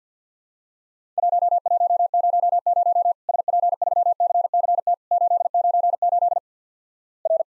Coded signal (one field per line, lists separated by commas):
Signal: Morse code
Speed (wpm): 50 wpm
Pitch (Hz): 700 Hz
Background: none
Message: 1100 SP3CCT 898 R